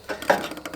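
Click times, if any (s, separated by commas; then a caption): 0.3 s, 0.7 s. A screwdriver turning a screw with a badly chewed-up head in the engine's air cleaner mount on an Ariens GT17 garden tractor slips out of the head with sharp metallic clicks at 0.3 and 0.7 seconds. The screw head is stripped and the driver cams out.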